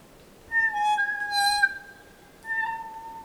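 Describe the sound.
Kokako song: two long, pure, organ-like notes separated by a short pause, the first one slightly wavering.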